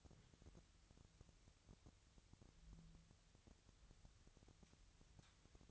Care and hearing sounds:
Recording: daily activity, microphone in the room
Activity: wipe stove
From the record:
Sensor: 3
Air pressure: 1001.6 hPa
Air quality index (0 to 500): 223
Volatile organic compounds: 30 ppm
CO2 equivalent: 2958 ppm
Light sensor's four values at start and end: 11/33/14/12 and 11/33/14/12

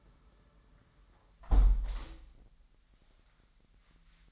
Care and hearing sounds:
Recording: daily activity, microphone in the room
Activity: close window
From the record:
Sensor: 3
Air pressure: 998.5 hPa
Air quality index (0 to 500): 136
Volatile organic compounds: 4 ppm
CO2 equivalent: 1627 ppm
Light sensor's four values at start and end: 8/20/8/9 and 8/20/8/9

